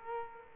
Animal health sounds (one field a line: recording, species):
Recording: mosquito wingbeat signal from an infrared sensor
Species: Culex quinquefasciatus